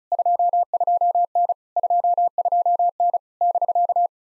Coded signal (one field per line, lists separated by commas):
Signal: Morse code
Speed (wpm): 33 wpm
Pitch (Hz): 700 Hz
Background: none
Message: 22N 22N <BK>